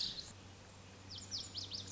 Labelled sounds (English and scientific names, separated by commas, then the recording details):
Lazuli Bunting (Passerina amoena)
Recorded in Sonoma County, California